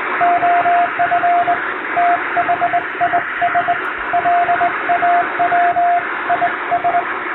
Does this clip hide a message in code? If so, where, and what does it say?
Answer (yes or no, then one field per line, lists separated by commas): yes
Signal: Morse code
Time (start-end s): 0.2-7.0 s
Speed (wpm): 21 wpm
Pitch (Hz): 700 Hz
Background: radio noise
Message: OF THIS LAW IS